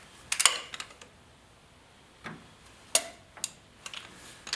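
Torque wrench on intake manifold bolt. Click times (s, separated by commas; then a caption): 3.0 s. A click-type torque wrench tightens the bolts of a new Edelbrock intake manifold on a 454 engine. A few quick ratcheting ticks come around 0.3–0.5 s, then softer faint ticks. The wrench gives a sharp click at 3.0 s, confirming the bolt has reached its torque setting.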